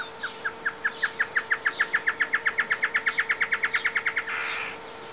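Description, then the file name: Great Antshrike song: a long, quickening series of bright, even notes that speeds up and ends in a rough growling rattle, with a constant droning hum beneath. Male and female singing together; Esperanza; 11 January 2018. "Chororó-Macho-y-hembra-cantan Esperanza"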